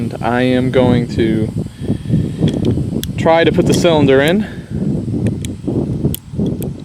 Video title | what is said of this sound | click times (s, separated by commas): Shooting The Pietta 1858 Remington .45 LC Kirst Conversion | hear that click and I | 6.1 s